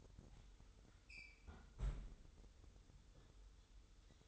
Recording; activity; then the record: daily activity, microphone in the room; close fridge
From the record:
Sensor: 3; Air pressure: 988.4 hPa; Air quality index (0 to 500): 190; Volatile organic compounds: 253 ppm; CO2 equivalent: 4368 ppm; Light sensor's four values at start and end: 24/74/31/27 and 24/74/31/27